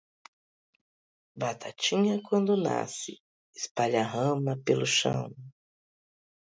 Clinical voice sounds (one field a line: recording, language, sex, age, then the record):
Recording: short text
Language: Brazilian Portuguese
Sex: female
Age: 50 to 59 years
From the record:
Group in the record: control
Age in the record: 52 years